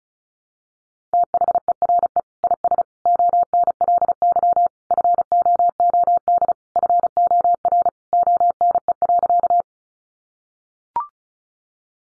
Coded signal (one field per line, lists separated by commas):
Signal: Morse code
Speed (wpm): 34 wpm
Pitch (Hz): 700 Hz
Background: none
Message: THERE IS ONLY FOOD FOR ONE.